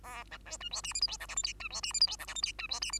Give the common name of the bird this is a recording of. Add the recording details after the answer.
Bengalese Finch. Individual Bird2